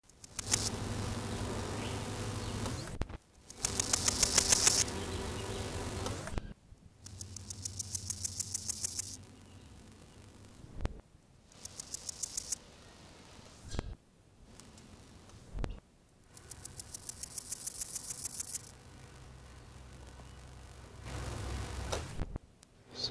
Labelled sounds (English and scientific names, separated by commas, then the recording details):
Steppe Grasshopper (Chorthippus dorsatus) stridulation
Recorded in the wild
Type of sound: stridulation
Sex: male
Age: imago
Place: Summt, Brandenburg, DE
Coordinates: 52.6894, 13.3617
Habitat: feuchte Waldwiese
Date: 1971-07-18 16:25
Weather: keine Sonne, 18°C
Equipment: Uher 4000 Report-Monitor, Sennheiser MD 421
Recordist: Tembrock, Günter
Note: Stridulation, feuchte Waldwiese